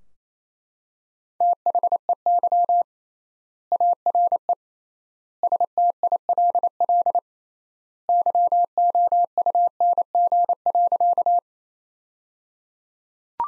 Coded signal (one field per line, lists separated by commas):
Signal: Morse code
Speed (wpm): 28 wpm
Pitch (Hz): 700 Hz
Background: none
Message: THEY ARE STILL YOUNG.